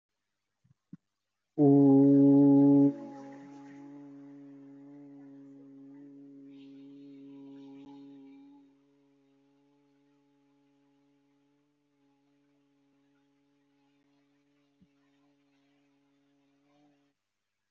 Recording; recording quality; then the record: sustained vowel as in boot; moderate, slight background noise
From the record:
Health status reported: healthy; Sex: male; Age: 43 years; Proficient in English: no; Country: India